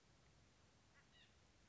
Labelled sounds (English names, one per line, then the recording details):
White-breasted Nuthatch
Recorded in Sonoma County, California